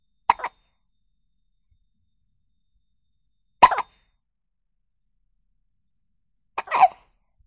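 Three short, abrupt bursts about three seconds apart, each a sharp catch with a brief double sound, with silence in between. These are newborn baby hiccups, a sudden involuntary diaphragm spasm with a quick closure of the throat.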